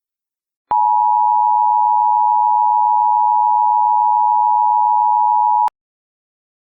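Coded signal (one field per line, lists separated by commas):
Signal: Emergency Alert System (SAME) tones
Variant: 853 and 960 Hz attention tone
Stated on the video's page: Fictional EAS scenario, simulated alert tones.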